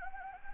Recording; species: mosquito wingbeat signal from an infrared sensor; Anopheles gambiae